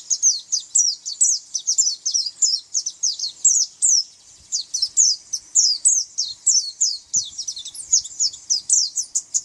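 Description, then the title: White-eye singing a rapid high twitter of thin rising and falling chirps, running through most. "Pleci"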